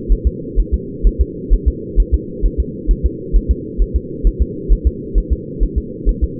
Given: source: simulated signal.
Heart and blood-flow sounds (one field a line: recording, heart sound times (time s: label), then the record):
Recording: fetal heart sounds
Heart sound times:
0.12 s: S1
0.27 s: S2
0.60 s: S1
0.74 s: S2
1.07 s: S1
1.21 s: S2
1.53 s: S1
1.68 s: S2
2.00 s: S1
2.14 s: S2
2.45 s: S1
2.60 s: S2
2.91 s: S1
3.06 s: S2
3.36 s: S1
3.51 s: S2
3.82 s: S1
3.96 s: S2
4.27 s: S1
4.42 s: S2
4.72 s: S1
4.87 s: S2
5.18 s: S1
5.32 s: S2
5.63 s: S1
5.78 s: S2
6.09 s: S1
6.24 s: S2
From the record:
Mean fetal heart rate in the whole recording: 130 bpm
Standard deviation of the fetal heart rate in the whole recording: 2 bpm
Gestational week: 36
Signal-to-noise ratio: -4.1 dB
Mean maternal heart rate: no maternal heart sound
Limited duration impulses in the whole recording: absent